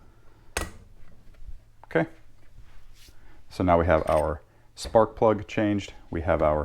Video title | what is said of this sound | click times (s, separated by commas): Bolens BL160 Trimmer Tune Up | Push down. You usually hear a little click when you get it seated into place. | 0.6 s